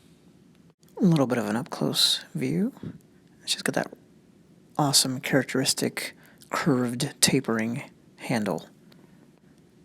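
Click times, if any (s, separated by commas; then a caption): 8.9 s. A Muela navaja folding pocket knife, bought in Spain and with a curved, tapering handle, is opened until its blade locks into the handle's back lock while someone talks. A sharp click at 8.9 s is the lock engaging, and the blade is seated, locked open.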